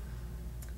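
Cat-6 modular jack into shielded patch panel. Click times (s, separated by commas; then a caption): 0.6 s. A terminated Cat-6 keystone jack, its top notch angled down into the slot from the back of a Panduit Mini-Com all-metal shielded patch panel, is pushed down until it pops into place. A short, sharp tick at 0.6 s over a steady low hum marks the jack seating in the panel.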